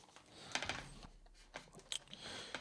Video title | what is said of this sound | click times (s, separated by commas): AtomRC Swordfish unboxing | um the wing is right now locked into place like I mentioned in the very beginning this over here is the latch that allows you if you press it then you can take the wing out but | 1.9 s